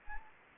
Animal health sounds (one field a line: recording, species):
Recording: mosquito wingbeat signal from an infrared sensor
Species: Anopheles gambiae